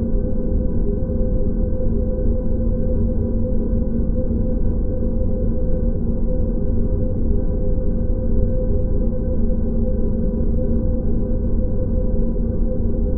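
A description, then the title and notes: A steady ambient noise holds at an even level for the whole stretch, dark and low-heavy with nothing bright on top. Faint, sustained tones ring inside the rumble like a soft gong hum. No separate events or changes occur. Calming Ambient White Noise.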